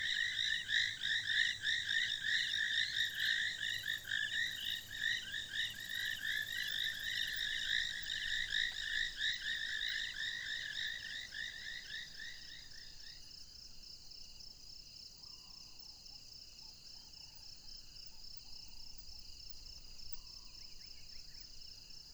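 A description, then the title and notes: Night chorus at Mmabolela Reserve, Limpopo, South Africa, where a dense, rapid pulsing of frogs or insects fills the first half with bright stacked trilling. Around twelve seconds the loudest layer drops out, leaving a thinner high steady buzz and a few faint calls over low rumble. Mmabolela Reserve, Limpopo, South Africa. With the exception of one particularly rainy day at the homestead, everything was recorded far from human interference.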